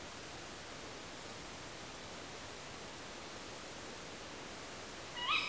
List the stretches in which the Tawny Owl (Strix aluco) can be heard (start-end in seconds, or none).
5.15-5.43